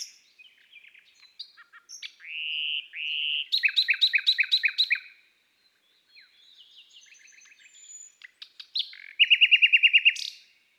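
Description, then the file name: Common nightingale song: slurred whistles and clicks, a loud rapid pulsed series near the middle, soft chattering, then a fast rattling trill to finish. "Rossignol philomele Chants doiseaux des bois et des forets"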